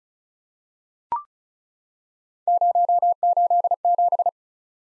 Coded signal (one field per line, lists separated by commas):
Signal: Morse code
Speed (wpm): 33 wpm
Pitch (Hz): 700 Hz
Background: none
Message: 087